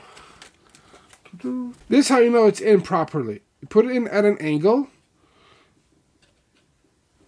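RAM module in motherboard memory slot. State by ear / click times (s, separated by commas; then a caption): not seated / none. A RAM module is lined up at an angle in a motherboard memory slot before being seated. A few faint handling taps come early, then someone talks. Nothing has seated or clicked yet.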